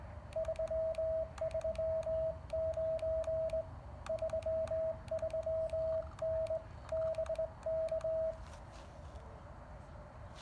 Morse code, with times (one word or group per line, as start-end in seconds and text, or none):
0.4-3.6 339
4.1-6.6 33N
6.9-8.3 BK